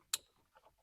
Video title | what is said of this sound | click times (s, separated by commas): ASure 10.1 inch Quad Core 2+64 GB Car Stereo (2015-2017 Toyota Camry)...Freakin' Awesome in 2026! | we heard it snap. And there we go. | 0.1 s